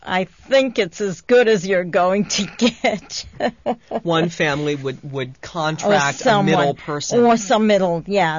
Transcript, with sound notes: I think it's as good as you're going to get. ( she laughs )
One family would contract a middle person.
Someone. Or some middle, yeah.